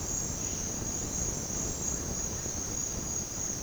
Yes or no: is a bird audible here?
no